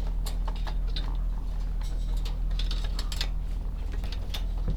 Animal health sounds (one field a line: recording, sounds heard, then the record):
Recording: poultry house recording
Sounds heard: sick chickens (respiratory disease)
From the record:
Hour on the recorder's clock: 16